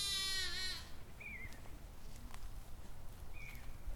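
Goat bleats loudly for under a second with a shaky, buzzing tone, then two brief falling bird chirps over a quiet background.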